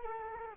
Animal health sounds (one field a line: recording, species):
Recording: mosquito wingbeat signal from an infrared sensor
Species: Culex quinquefasciatus